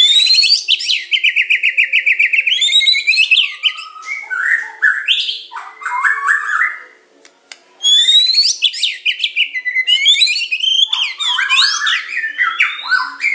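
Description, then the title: Oriental magpie-robin song: a fast, loud stream of high, sweeping whistles and chattering notes, broken by a short silence, then another energetic varied phrase. "Kicau Kacer"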